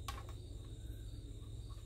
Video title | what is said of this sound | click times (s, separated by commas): Best handgun safe ever? LifePod 2.0 unboxing and fit check (w/suppressor) | that is a nice snap this side seems to be tight | 0.1 s